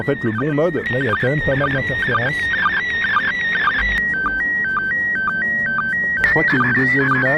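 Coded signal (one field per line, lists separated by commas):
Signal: SSTV (slow-scan television)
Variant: PD 120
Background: speech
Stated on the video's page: SSTV images from space received with a radio and a phone.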